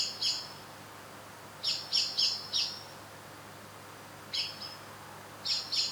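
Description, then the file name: Eurasian blackbird calling in short clusters of hard, high chinking notes separated by pauses, over a low steady background hum. "Turdus merula"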